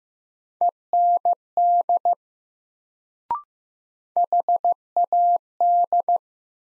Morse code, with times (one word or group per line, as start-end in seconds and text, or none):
0.6-2.1 END
4.2-6.2 HAD